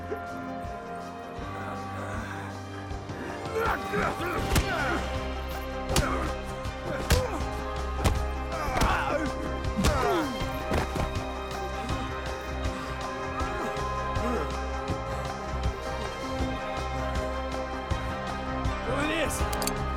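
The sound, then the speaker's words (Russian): A rapid flurry of sharp, thudding punches and smacks from a street fight with a criminal lands in uneven bursts, mixed with grunting voices and scuffling over a steady low rumble. “Улис дерется на улице с преступником.”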